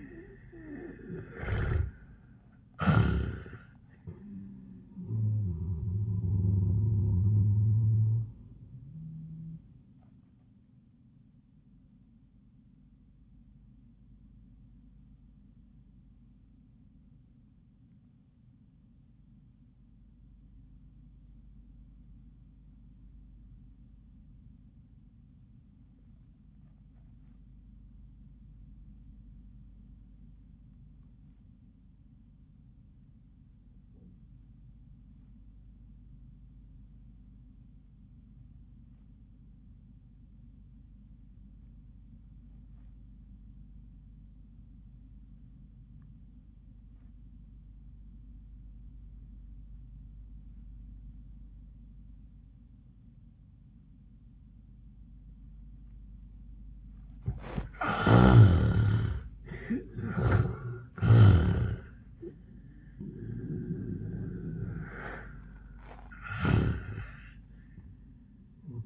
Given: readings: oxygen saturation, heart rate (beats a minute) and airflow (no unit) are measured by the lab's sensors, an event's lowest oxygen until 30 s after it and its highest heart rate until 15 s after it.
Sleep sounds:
breathing in sleep by a smartphone at the bedside; 1
12.00-58.30 s: obstructive apnea (REM, oxygen 89% highest, then 59% lowest, heart rate 86 at the start, 96 highest)
From the record:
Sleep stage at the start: REM sleep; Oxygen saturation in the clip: 62 to 89%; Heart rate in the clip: 55 to 93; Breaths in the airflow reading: 5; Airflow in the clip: -10.6 to 11.0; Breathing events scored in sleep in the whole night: 400 in 8.7 hours asleep

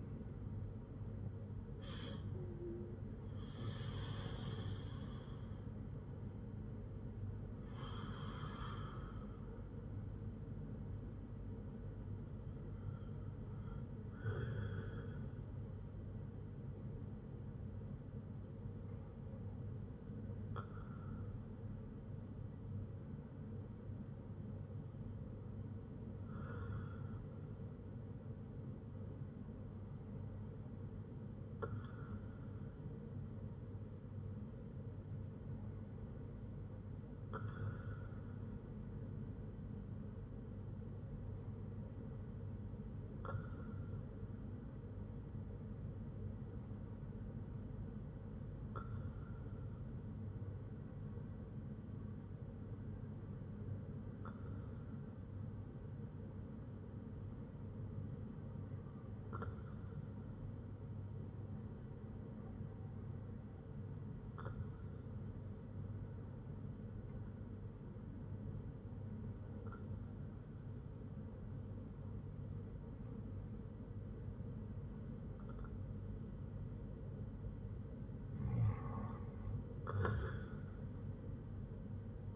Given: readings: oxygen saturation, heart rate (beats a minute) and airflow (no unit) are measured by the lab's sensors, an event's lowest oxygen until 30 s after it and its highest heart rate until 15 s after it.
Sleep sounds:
breathing in sleep by a smartphone at the bedside; 1
35.00-75.90 s: hypopnea (N1, oxygen 97% highest, then 94% lowest, heart rate 60 at the start, 67 highest)
From the record:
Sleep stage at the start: N1 (lightest sleep); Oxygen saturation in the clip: 94 to 97%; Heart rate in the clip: 57 to 91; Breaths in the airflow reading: 15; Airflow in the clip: -5.8 to 11.4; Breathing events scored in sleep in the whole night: 182 in 7.4 hours asleep

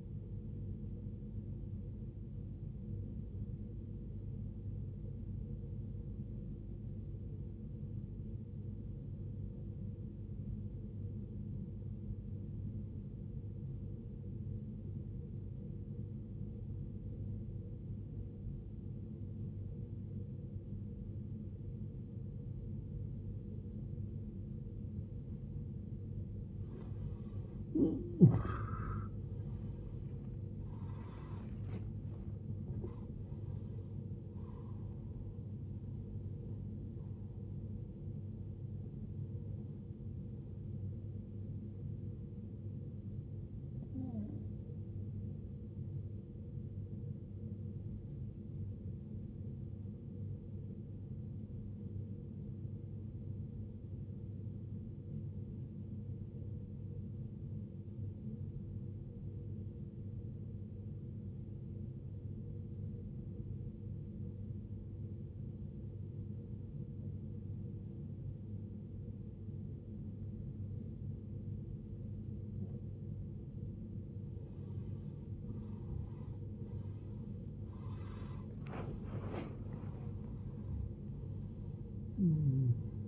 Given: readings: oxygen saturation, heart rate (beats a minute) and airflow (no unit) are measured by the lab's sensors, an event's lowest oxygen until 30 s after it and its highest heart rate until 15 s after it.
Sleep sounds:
breathing in sleep by a smartphone at the bedside; 2
9.00-26.60 s: obstructive apnea (N1, oxygen 94% highest, then 82% lowest, heart rate 61 at the start, 82 highest)
53.00-73.50 s: obstructive apnea (N1, oxygen 94% highest, then 79% lowest, heart rate 57 at the start, 81 highest)
54.00-83.08 s: new sleep stage, N2 (light sleep)
From the record:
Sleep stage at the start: N1 (lightest sleep); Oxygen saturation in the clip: 80 to 94%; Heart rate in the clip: 53 to 82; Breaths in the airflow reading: 11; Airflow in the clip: -19.0 to 16.4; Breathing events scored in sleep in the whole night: 389 in 6.3 hours asleep

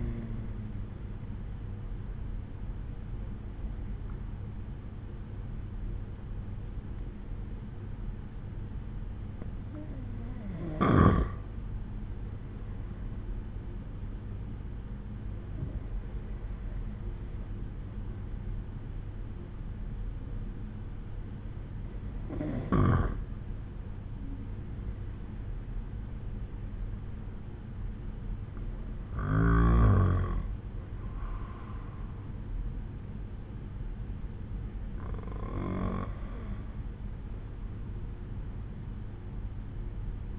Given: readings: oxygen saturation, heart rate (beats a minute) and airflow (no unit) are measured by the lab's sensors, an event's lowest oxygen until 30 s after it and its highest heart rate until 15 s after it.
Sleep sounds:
breathing in sleep by a smartphone at the bedside; none
none scored
From the record:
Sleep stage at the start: N2 (light sleep); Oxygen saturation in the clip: 89 to 95%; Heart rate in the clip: 62 to 68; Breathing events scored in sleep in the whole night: 187 in 7.2 hours asleep

